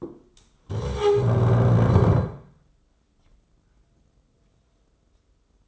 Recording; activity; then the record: daily activity, microphone in the room; stand up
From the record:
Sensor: 3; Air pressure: 996.0 hPa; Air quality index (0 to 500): 244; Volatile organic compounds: 1000 ppm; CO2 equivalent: 6240 ppm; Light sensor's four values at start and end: 37/90/39/42 and 39/94/41/44